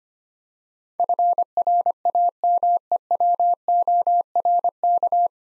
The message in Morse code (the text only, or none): FRAMEWORK